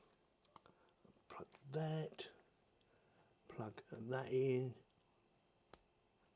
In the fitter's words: make sure it clicks